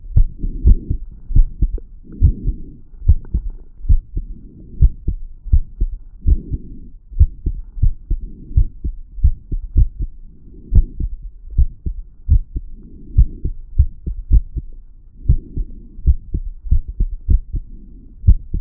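An adult's heartbeat heard at the tricuspid area, with uneven spacing and occasional pauses: an irregular, skippy rhythm with skipped beats.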